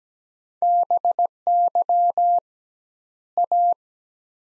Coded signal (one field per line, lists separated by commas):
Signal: Morse code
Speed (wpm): 17 wpm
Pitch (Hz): 700 Hz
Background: none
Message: BY A